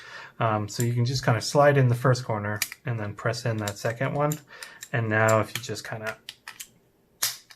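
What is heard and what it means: Someone talks while a press-fit 3D-printed plastic case is fitted onto a small circuit-board card, with two corners slid and pressed in first. A few faint taps follow as the last corner is pushed down, and it snaps into place with a sharp click at 7.2 s, seating the case.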